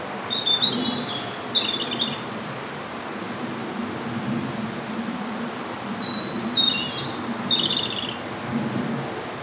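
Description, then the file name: European robin delivering short, high, glittering warbled phrases in bursts with gaps between, over continuous low-frequency background noise. "rouge gorge"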